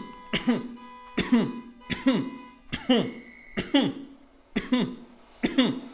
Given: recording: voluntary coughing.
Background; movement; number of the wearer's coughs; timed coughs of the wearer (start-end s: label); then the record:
traffic; sitting; 7
0.31-0.71 s: cough
1.15-1.61 s: cough
1.89-2.38 s: cough
2.71-3.19 s: cough
3.55-3.97 s: cough
4.54-5.03 s: cough
5.41-5.84 s: cough
From the record:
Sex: male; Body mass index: 22.0 kg/m2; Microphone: on the chest, facing outward